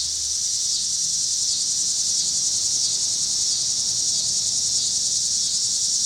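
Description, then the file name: Cicadas giving a loud, continuous high-pitched drone, steady from start to finish. Cicadas recorded with car noise in Pittsburgh, Pennsylvania, on 26 August 2023. "2023-08-26 cicadas and cars Pittsburgh PA"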